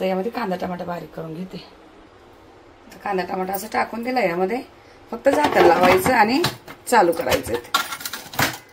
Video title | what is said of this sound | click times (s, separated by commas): केस छान राहण्यासाठी मी लावते हे तेल 👌,पुन्हा एकदा पापड चटणी आणि मुगाची भाजी रेसिपी 👌🍲❤️ | पण हे झाकण असं जेव्हा इथे खटकन आवाज येतो | 8.1 s